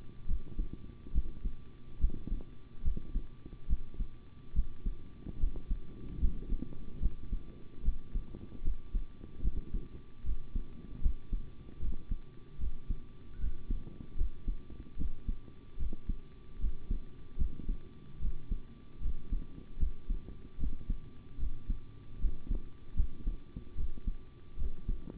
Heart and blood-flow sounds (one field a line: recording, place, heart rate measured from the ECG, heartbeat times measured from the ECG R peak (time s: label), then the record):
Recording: heart sounds by stethoscope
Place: between the tricuspid and mitral areas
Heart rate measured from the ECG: 74 bpm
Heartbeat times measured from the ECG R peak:
0.26 s: heartbeat
1.13 s: heartbeat
1.99 s: heartbeat
2.83 s: heartbeat
3.67 s: heartbeat
4.54 s: heartbeat
5.38 s: heartbeat
6.19 s: heartbeat
7.00 s: heartbeat
7.83 s: heartbeat
8.63 s: heartbeat
9.42 s: heartbeat
10.24 s: heartbeat
11.01 s: heartbeat
11.79 s: heartbeat
12.58 s: heartbeat
13.39 s: heartbeat
14.16 s: heartbeat
14.97 s: heartbeat
15.77 s: heartbeat
16.59 s: heartbeat
17.37 s: heartbeat
18.20 s: heartbeat
19.00 s: heartbeat
19.78 s: heartbeat
20.58 s: heartbeat
21.38 s: heartbeat
22.19 s: heartbeat
22.95 s: heartbeat
23.75 s: heartbeat
24.57 s: heartbeat
From the record:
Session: rest, sitting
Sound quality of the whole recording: good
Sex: male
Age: 25 years